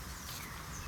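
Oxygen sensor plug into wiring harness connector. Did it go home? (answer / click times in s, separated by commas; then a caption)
no / none. The front O2 sensor plug is being handled and pushed toward its mating connector on the wiring harness of a K67 BMW S1000RR during an Akrapovic header installation. Only steady, broadband background noise with a low hum is heard, with no sharp sounds. Nothing has seated or clicked yet.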